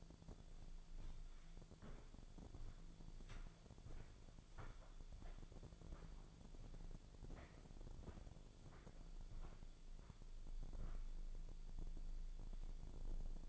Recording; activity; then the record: daily activity, microphone in the room; walk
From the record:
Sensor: 5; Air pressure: 1008.3 hPa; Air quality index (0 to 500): 151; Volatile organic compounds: 3 ppm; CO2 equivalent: 1449 ppm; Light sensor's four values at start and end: 65/180/71/72 and 65/179/70/71